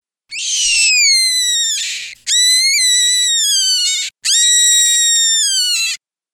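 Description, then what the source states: Cottontail rabbit distress call: three long, piercing screams of nearly two seconds each, separated by brief breaks. Cottontail rabbit giving a distress call.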